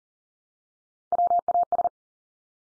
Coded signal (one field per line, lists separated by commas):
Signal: Morse code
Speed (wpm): 40 wpm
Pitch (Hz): 700 Hz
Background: none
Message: WAS